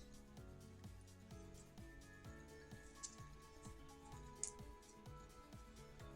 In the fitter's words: until it clicks